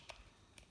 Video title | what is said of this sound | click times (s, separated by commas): Renault Magane Clio Scenic Laguna Key Fob Battery Replacement | pop it back on make sure it all clicks in place | 0.1 s, 0.6 s